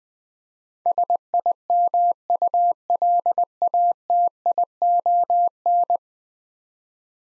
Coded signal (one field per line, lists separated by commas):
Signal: Morse code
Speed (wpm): 20 wpm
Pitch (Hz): 700 Hz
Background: none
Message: SIMULATION